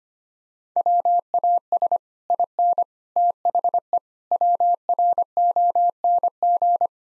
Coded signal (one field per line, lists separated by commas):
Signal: Morse code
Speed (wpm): 25 wpm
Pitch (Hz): 700 Hz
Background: none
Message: WAS IN THE WRONG